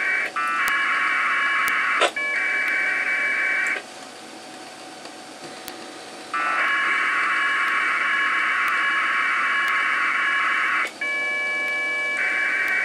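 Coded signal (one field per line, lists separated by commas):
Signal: packet radio (AX.25, as in APRS)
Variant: 1200 baud AFSK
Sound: several loud buzzing, warbling data bursts with brief quiet gaps between them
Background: radio hiss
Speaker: a few more say 10 and see what sort of packet loss we [Laughter] get so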